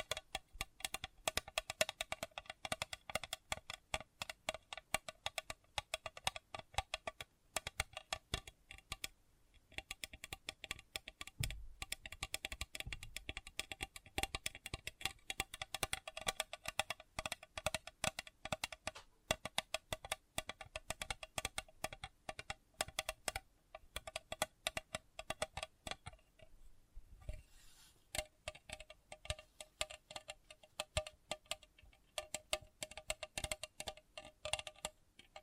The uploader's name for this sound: Sensitive Tapping